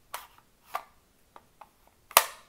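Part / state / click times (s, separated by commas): pistol into polymer holster / seated / 2.2 s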